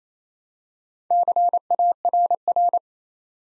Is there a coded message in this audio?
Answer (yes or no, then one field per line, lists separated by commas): yes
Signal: Morse code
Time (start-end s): 1.1-2.8 s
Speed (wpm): 27 wpm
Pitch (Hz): 700 Hz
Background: none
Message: CARR